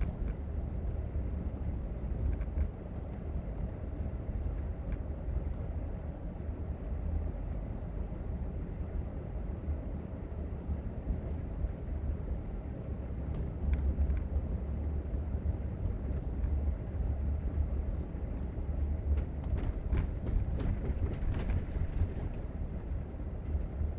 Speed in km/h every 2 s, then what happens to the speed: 58, 56, 56, 56, 56, 58, 60, 58, 55, 52, 48, 45.
0-13 steady at about 56. 13-24 slows to 45.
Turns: none.